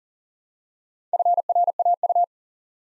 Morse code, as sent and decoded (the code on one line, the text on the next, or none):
..-. .-. .- ..-
FRAU